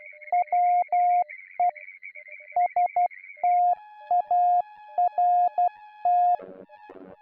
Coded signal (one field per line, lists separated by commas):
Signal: Morse code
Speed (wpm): 12 wpm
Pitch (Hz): 710 Hz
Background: music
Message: WE START